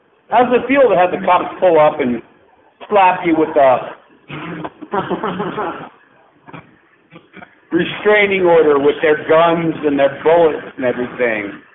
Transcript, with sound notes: How does it feel to have the cops pull up and slap you with a [laugh] restraining order, with their guns and their bullets and everything?